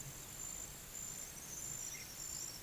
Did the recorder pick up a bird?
no